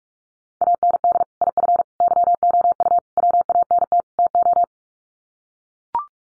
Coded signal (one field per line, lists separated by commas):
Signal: Morse code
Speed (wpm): 44 wpm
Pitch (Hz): 700 Hz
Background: none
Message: AND IF YOU WANT TO